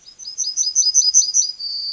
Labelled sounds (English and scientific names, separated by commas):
Yellowhammer (Emberiza citrinella) song